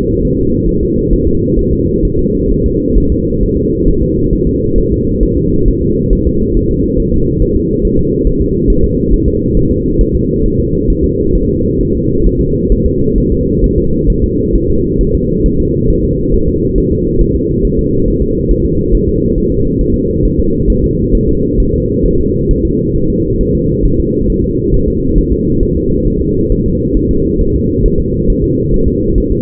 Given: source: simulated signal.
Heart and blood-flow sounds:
fetal heart sounds
0.25 s: S1
0.39 s: S2
0.69 s: S1
0.83 s: S2
1.13 s: S1
1.27 s: S2
1.59 s: S1
1.73 s: S2
2.05 s: S1
2.19 s: S2
2.52 s: S1
2.66 s: S2
2.98 s: S1
3.12 s: S2
3.43 s: S1
3.57 s: S2
3.88 s: S1
4.02 s: S2
4.33 s: S1
4.47 s: S2
4.78 s: S1
4.92 s: S2
5.23 s: S1
5.37 s: S2
5.68 s: S1
5.82 s: S2
6.13 s: S1
6.27 s: S2
6.57 s: S1
6.71 s: S2
7.00 s: S1
7.14 s: S2
7.42 s: S1
7.56 s: S2
7.85 s: S1
7.99 s: S2
8.27 s: S1
8.41 s: S2
8.70 s: S1
8.84 s: S2
9.13 s: S1
9.28 s: S2
9.57 s: S1
9.71 s: S2
10.01 s: S1
10.15 s: S2
10.45 s: S1
10.60 s: S2
10.90 s: S1
11.04 s: S2
11.35 s: S1
11.50 s: S2
11.81 s: S1
11.95 s: S2
12.27 s: S1
12.41 s: S2
12.72 s: S1
12.86 s: S2
13.18 s: S1
13.32 s: S2
13.64 s: S1
13.78 s: S2
14.10 s: S1
14.24 s: S2
14.55 s: S1
14.70 s: S2
15.01 s: S1
15.15 s: S2
15.46 s: S1
15.60 s: S2
15.90 s: S1
16.05 s: S2
16.34 s: S1
16.48 s: S2
16.78 s: S1
16.92 s: S2
17.21 s: S1
17.36 s: S2
17.65 s: S1
17.79 s: S2
18.08 s: S1
18.22 s: S2
18.51 s: S1
18.65 s: S2
18.94 s: S1
19.09 s: S2
19.38 s: S1
19.52 s: S2
19.81 s: S1
19.95 s: S2
20.25 s: S1
20.39 s: S2
20.70 s: S1
20.84 s: S2
21.15 s: S1
21.29 s: S2
21.60 s: S1
21.74 s: S2
22.06 s: S1
22.20 s: S2
22.51 s: S1
22.65 s: S2
22.96 s: S1
23.10 s: S2
23.41 s: S1
23.55 s: S2
23.85 s: S1
24.00 s: S2
24.30 s: S1
24.44 s: S2
24.74 s: S1
24.88 s: S2
25.18 s: S1
25.33 s: S2
25.63 s: S1
25.77 s: S2
26.07 s: S1
26.22 s: S2
26.52 s: S1
26.66 s: S2
26.97 s: S1
27.11 s: S2
27.41 s: S1
27.55 s: S2
27.86 s: S1
28.00 s: S2
28.30 s: S1
28.44 s: S2
28.74 s: S1
28.88 s: S2
29.18 s: S1
29.32 s: S2
From the record:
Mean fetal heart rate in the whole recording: 135 bpm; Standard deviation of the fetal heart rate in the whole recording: 3 bpm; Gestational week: 36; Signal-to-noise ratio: -15.3 dB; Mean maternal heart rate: 72 bpm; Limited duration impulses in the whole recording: present

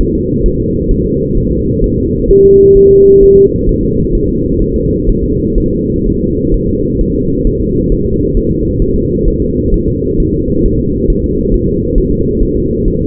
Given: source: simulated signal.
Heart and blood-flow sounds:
fetal heart sounds
0.01 s: S1
0.15 s: S2
0.46 s: S1
0.60 s: S2
0.91 s: S1
1.05 s: S2
1.37 s: S1
1.52 s: S2
1.84 s: S1
1.98 s: S2
2.31 s: S1
2.45 s: S2
2.77 s: S1
2.91 s: S2
3.23 s: S1
3.37 s: S2
3.69 s: S1
3.83 s: S2
4.15 s: S1
4.29 s: S2
4.62 s: S1
4.76 s: S2
5.09 s: S1
5.23 s: S2
5.58 s: S1
5.72 s: S2
6.06 s: S1
6.20 s: S2
6.54 s: S1
6.68 s: S2
7.01 s: S1
7.15 s: S2
7.47 s: S1
7.61 s: S2
7.92 s: S1
8.06 s: S2
8.37 s: S1
8.51 s: S2
8.82 s: S1
8.96 s: S2
9.28 s: S1
9.42 s: S2
9.74 s: S1
9.88 s: S2
10.20 s: S1
10.34 s: S2
10.66 s: S1
10.80 s: S2
11.10 s: S1
11.24 s: S2
11.54 s: S1
11.68 s: S2
11.98 s: S1
12.12 s: S2
12.43 s: S1
12.57 s: S2
12.88 s: S1
13.02 s: S2
From the record:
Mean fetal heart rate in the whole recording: 130 bpm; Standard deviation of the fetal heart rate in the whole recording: 4 bpm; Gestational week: 38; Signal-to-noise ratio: -14.7 dB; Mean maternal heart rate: 72 bpm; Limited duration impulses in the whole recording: present

